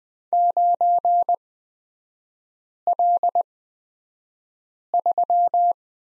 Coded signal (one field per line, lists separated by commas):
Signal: Morse code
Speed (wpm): 20 wpm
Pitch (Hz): 700 Hz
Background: none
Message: 9L3